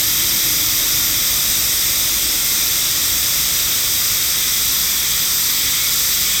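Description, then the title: Hime-harusemi cicada chorus, a steady dense hiss-like buzzing without breaks, strongest in high tones, continuing throughout. Sacred forest of Nō Hakusan Shrine, northernmost habitat on the Sea of Japan side, near season's end; recorded with an MKH8020 microphone; cicadas singing fairly well. "能生白山神社のヒメハルゼミ"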